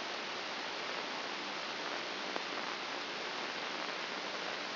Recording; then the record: brain microelectrode recording played as sound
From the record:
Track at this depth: inside the subthalamic nucleus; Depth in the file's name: 3.431 mm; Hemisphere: left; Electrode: 2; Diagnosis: Parkinson's disease